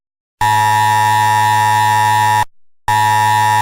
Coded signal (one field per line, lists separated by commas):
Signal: Emergency Alert System (SAME) tones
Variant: 853 and 960 Hz attention tone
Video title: Emergency Alert System earrape